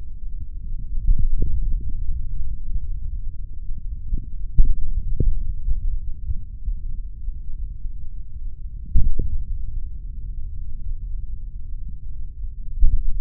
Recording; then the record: forearm muscle sounds (acoustic myography)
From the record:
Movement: finger pinch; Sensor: system 3, bracelet of six PUI Audio POM-2738L microphones around the upper forearm, with dedicated amplification and filtering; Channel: 5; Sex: male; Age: 26 years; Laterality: right